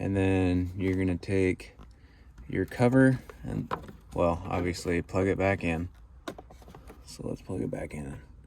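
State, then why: Not seated. Someone talks while handling the headlight wiring connector to plug it back onto the base of an LED H4 headlight bulb on a Subaru Sambar KS or KV, after the rubber seal cover has been refitted. A few short, sharp handling taps follow near the end. The connector has not seated or clicked yet.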